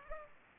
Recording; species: mosquito wingbeat signal from an infrared sensor; Culex pipiens